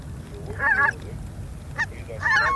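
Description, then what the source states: Greater white-fronted goose calls: bursts of high, yelping honks from several geese, in three groups over under three seconds, with low rumbling noise beneath. Flock chorus, for an electronic hunting caller.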